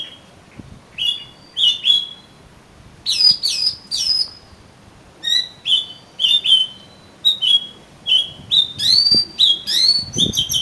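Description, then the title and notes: Oriental magpie-robin in full song, a steady stream of loud whistled notes, many slurring upward, mixed with brief buzzy chips and rapid twittering. "suara kacer. kumpulan suara burung kacer"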